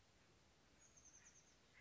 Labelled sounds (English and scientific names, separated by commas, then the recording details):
Oak Titmouse (Baeolophus inornatus)
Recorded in Sonoma County, California